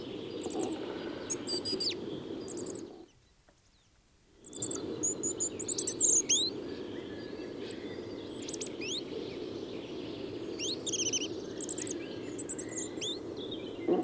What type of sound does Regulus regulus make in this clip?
song